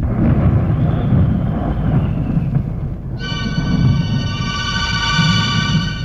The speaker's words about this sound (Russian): Начинается гроза.